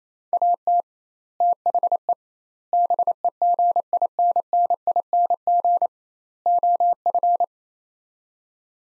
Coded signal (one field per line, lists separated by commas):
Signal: Morse code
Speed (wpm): 28 wpm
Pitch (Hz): 700 Hz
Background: none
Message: AT THE BEGINNING OF